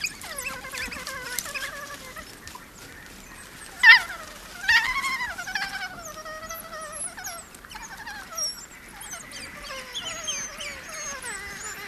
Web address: african wild dog